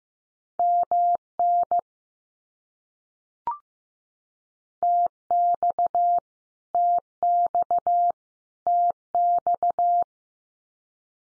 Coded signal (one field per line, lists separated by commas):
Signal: Morse code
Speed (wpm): 15 wpm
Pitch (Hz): 700 Hz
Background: none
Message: MN TX TX TX